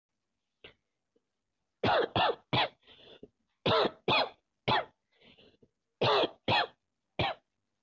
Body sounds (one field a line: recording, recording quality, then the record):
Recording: shallow voluntary cough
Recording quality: excellent, no background noise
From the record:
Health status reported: COVID-19 positive, mild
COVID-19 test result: positive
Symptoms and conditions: cough, sore throat, fever, pneumonia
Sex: male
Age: 32 years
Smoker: not ticked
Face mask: not worn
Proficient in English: yes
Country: India